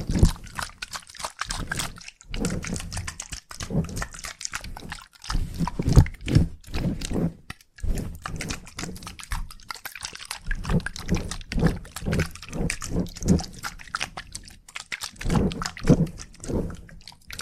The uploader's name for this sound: Salon Haircut Head Massage, Scissors and Clipper